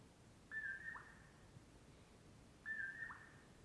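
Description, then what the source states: Common Poorwill making two mellow whistled phrases, each with a brief dropping end note, about two seconds apart. Heard at dawn near Colockum Pass off Brewton Road, before other morning birds start; mellow "poor-will-low"; crepuscular nightjar.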